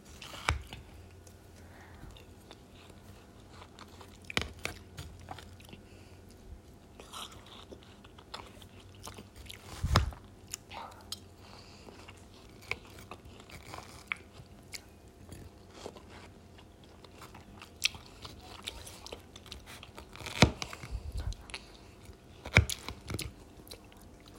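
Eating of watermelon, with sharp, juicy bites landing every few seconds, loudest near the start, around ten seconds and past twenty seconds. Between bites come soft, wet chewing and small crackles, with a faint low hum early on.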